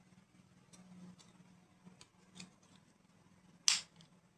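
Someone works the first plastic locking clip on the battery compartment of a rechargeable-battery toy train, with a low steady hum and a few faint handling ticks in the background. A loud, sharp snap at 3.7 s marks the clip locking shut, seated.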